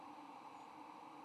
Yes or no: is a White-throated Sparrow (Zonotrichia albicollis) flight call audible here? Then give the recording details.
no. Another species' flight call is heard. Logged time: 02:56 on 8 November 2014